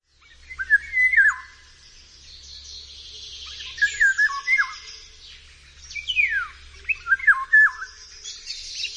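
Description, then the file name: Eurasian golden oriole song: liquid whistled phrases, each a quick yodel, repeated about every three seconds. "Wilga"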